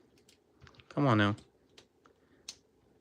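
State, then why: Seated. A plastic shoulder add-on piece is pushed onto an Ocular Max RMX-12EX Pitch (Eject) transforming robot toy, a TFcon Toronto 2023 exclusive, with soft plastic clicks and fumbling while someone talks. A sharp plastic snap at 2.5 s marks the piece seating into place, giving the toy a squared shoulder.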